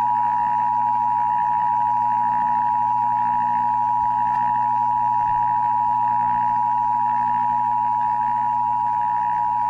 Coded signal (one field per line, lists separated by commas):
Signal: Emergency Alert System (SAME) tones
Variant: 853 and 960 Hz attention tone